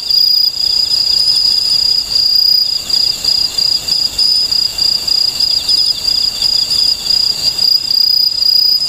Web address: sikioto. aomatsumushi